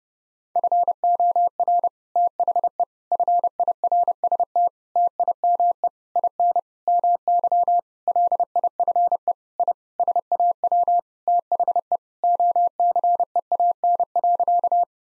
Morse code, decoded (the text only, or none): FOR THE FIRST TIME IN MY LIFE I SAW THE OCEAN.